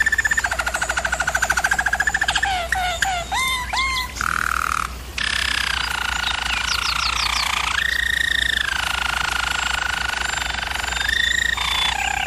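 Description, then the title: German Roller canary: rapid rolling trill breaking into short swooping notes, a brief pause, then sustained rolls and a tour that rises and falls. German Roller canary singing; recording made for canary song training. "German Roller Canary Singing - Canary Training Vid"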